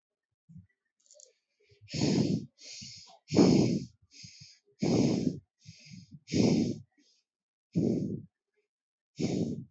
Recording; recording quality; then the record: shallow breathing; excellent, no background noise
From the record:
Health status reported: healthy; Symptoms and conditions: none ticked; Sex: male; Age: 24 years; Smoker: not ticked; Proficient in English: yes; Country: India